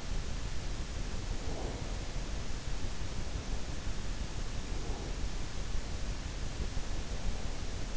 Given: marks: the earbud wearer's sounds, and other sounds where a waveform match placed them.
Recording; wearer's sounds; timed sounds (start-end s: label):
sounds in sleep by an in-ear microphone; breath
1.07-2.33 s: breath